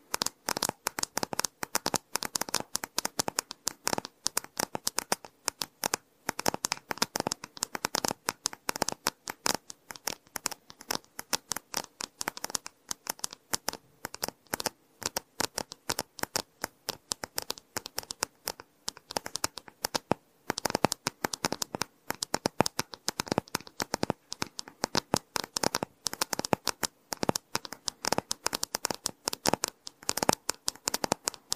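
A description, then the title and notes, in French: Rapid typing on a mechanical keyboard, a dense stream of sharp clacks running steadily for the whole half minute with only brief pauses. The keystrokes sound bright and clicky, coming in uneven bursts, with short gaps around the middle and near the twenty-second mark. ASMR - Je te relaxe avec mon téléphone, mon ordinateur et mon clavier mécanique !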